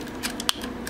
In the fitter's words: all right push it up snap into place